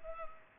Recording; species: mosquito wingbeat signal from an infrared sensor; Culex pipiens